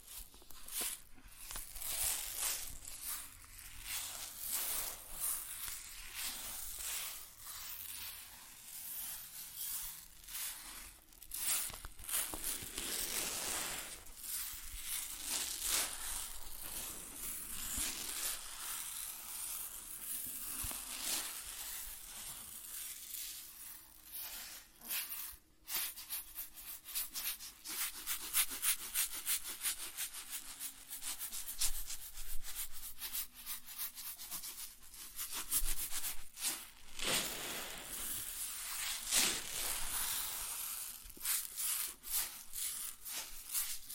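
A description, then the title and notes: Grain pouring and shifting in a dense, gritty hiss, bright and rustling, swelling and thinning irregularly with brief pauses near 25 and 37 seconds. ASMR Grain Sounds (No Talking).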